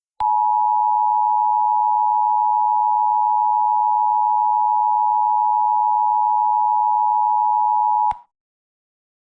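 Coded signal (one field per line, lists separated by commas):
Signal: Emergency Alert System (SAME) tones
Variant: 853 and 960 Hz attention tone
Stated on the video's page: Simulated EAS scenario for entertainment, not a real alert.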